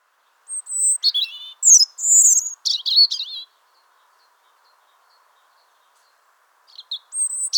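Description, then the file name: European robin song: thin high whistles followed by quick tumbling, trilled phrases. After a pause of about three seconds, another high whistled phrase begins. "Erithacus rubecula"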